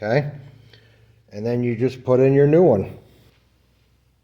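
A new Show Chrome LED fog light mounting piece is handled for fitting into its mount on a Goldwing motorcycle while someone talks. Faint handling noise sits between the speech, and a small tick is heard near 0.7 s. Nothing has seated or clicked into place yet by the end of the clip.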